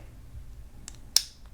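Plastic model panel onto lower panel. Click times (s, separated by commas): 1.2 s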